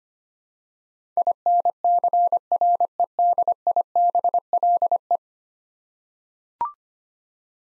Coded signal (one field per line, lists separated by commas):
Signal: Morse code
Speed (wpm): 25 wpm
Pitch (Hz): 700 Hz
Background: none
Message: INCREDIBLE